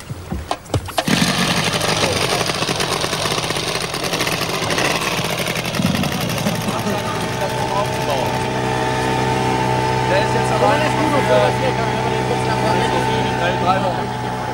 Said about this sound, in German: So, ich darf jetzt wieder jucken lassen. Ja, den Motor meine ich.